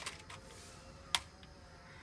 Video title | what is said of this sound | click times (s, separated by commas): AK 47 UNBOXING & TREASURE HUNT #gunsounds #onestoreforallyourneeds #unboxing #weapons #surprice | lock ആയിട്ടുണ്ട് | 1.1 s